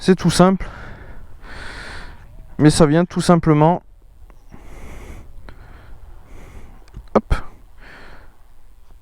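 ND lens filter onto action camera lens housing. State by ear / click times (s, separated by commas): seated / 7.2 s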